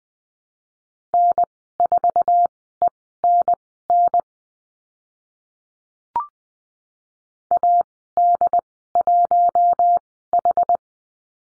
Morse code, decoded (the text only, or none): N4ENN AD1H